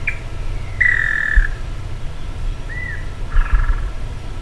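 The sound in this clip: Bird calls, a brief high note, a longer whistle, a soft arched whistle and a final burred note, over low rumbling noise.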